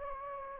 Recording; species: mosquito wingbeat signal from an infrared sensor; Anopheles gambiae